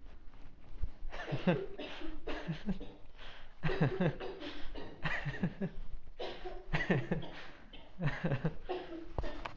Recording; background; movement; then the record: laughter; a bystander coughing; walking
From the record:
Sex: male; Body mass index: 20.5 kg/m2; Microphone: on the chest, facing outward